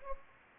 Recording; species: mosquito wingbeat signal from an infrared sensor; Anopheles gambiae